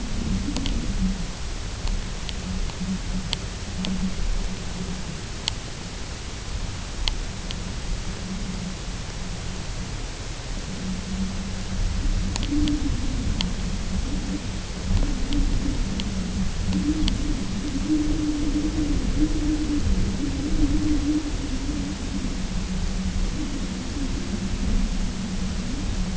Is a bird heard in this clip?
no